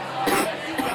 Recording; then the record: coughing mixed with background sound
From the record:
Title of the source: 30 Chesty and wet cough